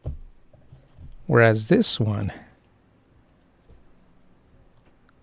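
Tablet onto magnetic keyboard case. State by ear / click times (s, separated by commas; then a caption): seated / 0.1 s. A tablet is set onto an Apple-branded keyboard case, and its magnets pull it snugly into place with a sharp snap at 0.1 s. A few faint clicks follow, then someone talks briefly before the clip settles into quiet, with one more small click near the end.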